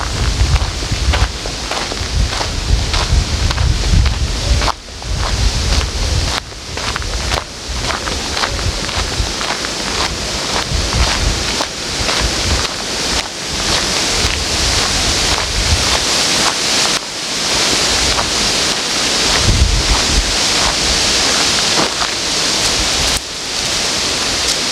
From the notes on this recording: tree branches are squeaking in the wind and recreational runners are passing by